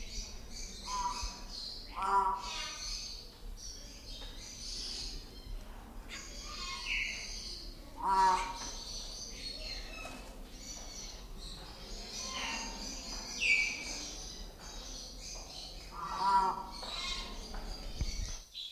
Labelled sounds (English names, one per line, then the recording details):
Bali Myna
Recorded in captivity
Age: adult
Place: Vogelpark Bad Rothenfelde, Niedersachsen, DE
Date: 1991-09-16
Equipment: Marantz, Sennheiser ME 80, Kopie Tesla B 116
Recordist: Tembrock, Günter